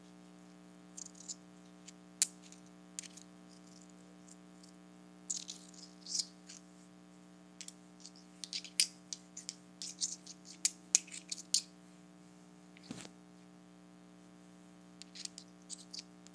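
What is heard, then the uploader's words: Tiny rocks are tapped together in quick, light clicks that come in irregular clusters, busiest between about 8 and 11 seconds. A steady low hum runs underneath throughout, and a single sharper knock stands out near 13 seconds. ASMR Tapping Tiny Rocks Together.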